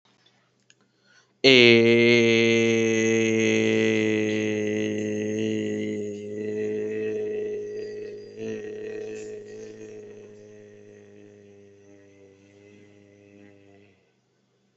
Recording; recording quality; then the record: sustained vowel as in made; excellent, no background noise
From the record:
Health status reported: healthy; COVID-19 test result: not tested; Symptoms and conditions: none ticked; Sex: male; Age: 33 years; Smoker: yes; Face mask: not worn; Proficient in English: yes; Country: India